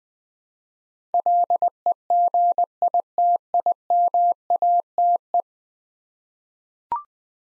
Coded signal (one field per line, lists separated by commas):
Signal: Morse code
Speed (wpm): 20 wpm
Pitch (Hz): 700 Hz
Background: none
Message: LEGITIMATE